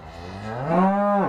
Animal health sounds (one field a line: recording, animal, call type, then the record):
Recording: contact call of a hoofed animal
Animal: cattle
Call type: low-frequency (closed-mouth) or high-frequency (open-mouth) call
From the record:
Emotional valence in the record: negative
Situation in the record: full separation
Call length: 1.29 s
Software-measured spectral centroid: 1100 Hz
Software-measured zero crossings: 1550 a second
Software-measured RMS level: -22 dBFS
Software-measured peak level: -8 dBFS